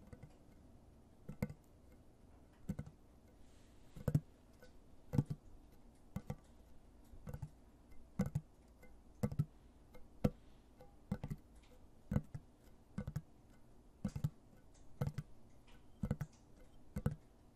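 Fingernails and finger pads tap on objects in a steady, unhurried rhythm, roughly one sharp click per second with softer taps between. The hard nail strikes ring bright and crisp, while the gentler pad taps stay dull over a low, quiet hum.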